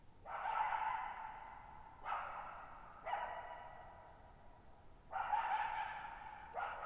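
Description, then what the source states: Coyote barking repeatedly, hoarse drawn-out barks about one to two seconds apart, each blurred into long reverberating echoes over a quiet background. Lone coyote at night, July 14, 2019, at Thirtymile Meadows, Okanogan National Forest, Okanogan High Country, Pacific Northwest, 6400 ft, on a dry plateau meadow bowl with boggy ground burbling.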